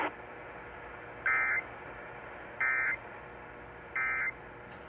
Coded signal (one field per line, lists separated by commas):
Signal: Emergency Alert System (SAME) tones